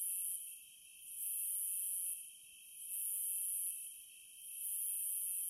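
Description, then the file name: Cicada buzzing in long, high hissing phrases that swell and fade in a regular cycle above a continuous thin whine. "Zvuki prirody Cikady"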